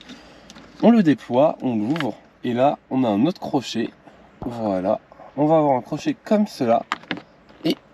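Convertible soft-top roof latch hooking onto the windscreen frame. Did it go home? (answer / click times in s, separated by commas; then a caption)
yes / 7.1 s. On a Suzuki Jimny convertible, the hook of the soft-top's front roof latch is engaged and pressed down onto the windscreen frame while someone talks. A sharp click at 7.1 s shows the latch has locked and the roof is closed.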